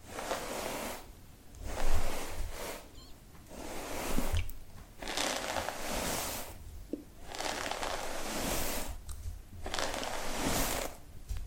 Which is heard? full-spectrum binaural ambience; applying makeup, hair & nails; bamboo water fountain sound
applying makeup, hair & nails